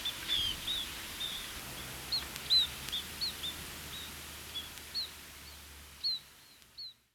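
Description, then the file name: Scaly-breasted munia giving short, high, thin call notes, scattered irregularly and roughly twice a second, over faint low background noise. Recorded 2021-10-10 at Sankaku, Oshiro. "shimakinpara 211010 sankaku oshiro"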